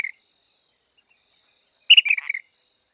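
Ash-throated flycatcher uttering one rough, rolling burry phrase that drops slightly in pitch, preceded by a brief clipped note, then silence.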